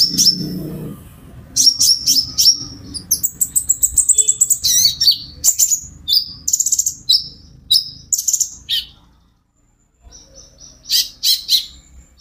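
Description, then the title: Van Hasselt's sunbird in a fast, steady run of high, sharp chirps and thin whistles, briefly pausing, with a faint low rumble underneath. Bird singing steadily (gacor), used as a lure (pancingan) and to train other caged birds. "KOLIBRI NINJA KONIN IJOAN GACOR UNTUK PANCINGAN TERAPI KONIN"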